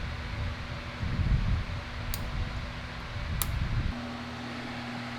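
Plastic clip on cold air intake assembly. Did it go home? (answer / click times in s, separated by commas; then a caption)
yes / 2.1 s, 3.4 s. Plastic clips on a Corsa Performance cold air intake assembly are pressed into place while the intake is being reassembled on a Hellcat. Two sharp snaps are heard at 2.1 and 3.4 seconds over a steady low fan-like hum, and both clips seat.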